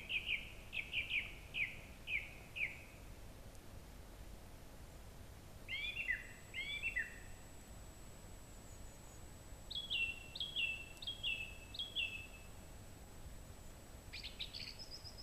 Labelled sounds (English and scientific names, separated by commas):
Song Thrush (Turdus philomelos) song